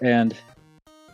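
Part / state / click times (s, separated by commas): toy car front panel into robot chest / not seated / none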